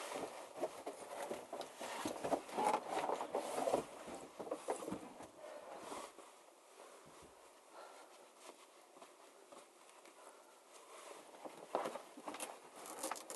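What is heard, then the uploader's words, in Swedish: Unpacking and preparations on arrival at a moose-hunting tower: busy rustling, knocking and handling of gear fill the first six seconds. Things then quiet to soft shuffling and light movement before a few sharper knocks return near the end. Ljuden av älgjakt. På älgjaktspremiären tog jag med min bärbara inspelningsutrustning och spelade in första promenaden, första uppackningen och förberedelserna man gör när man kommer till ett älgtorn.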